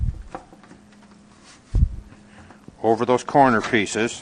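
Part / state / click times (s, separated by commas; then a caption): top cap piece onto office panel frame corner pieces / not seated / none. A top cap piece is lined up and placed over the corner pieces of an office panel frame, ready to be tapped down. Only light handling knocks are heard, near 0.3, 0.6, 1.8 and 2.6 seconds, and then someone talks. Nothing has seated or clicked yet.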